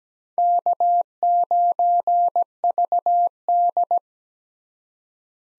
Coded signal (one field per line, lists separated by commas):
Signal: Morse code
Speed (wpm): 17 wpm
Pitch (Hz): 700 Hz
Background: none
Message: K9VD